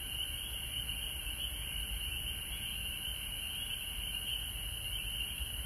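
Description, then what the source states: Frog chorus of steady high-pitched trills blending into one constant sound, with a low rumble beneath. Recorded at home in Georgia on March 19, 2020.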